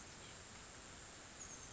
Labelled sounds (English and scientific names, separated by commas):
Oak Titmouse (Baeolophus inornatus)